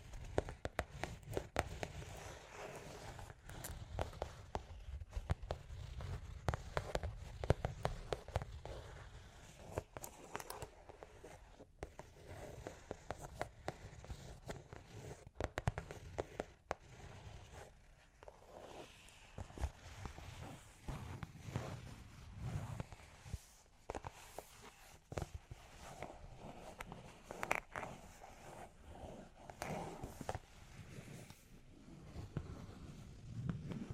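Long claws tap and scratch in dense, irregular clicks and scrapes throughout, with brief pauses near twelve and eighteen seconds and a low rumble underneath.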